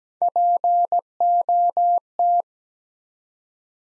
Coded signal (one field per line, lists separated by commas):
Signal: Morse code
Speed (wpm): 17 wpm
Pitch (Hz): 700 Hz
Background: none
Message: POT